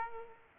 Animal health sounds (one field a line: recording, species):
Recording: mosquito wingbeat signal from an infrared sensor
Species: Aedes aegypti